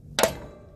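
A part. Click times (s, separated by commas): 0.2 s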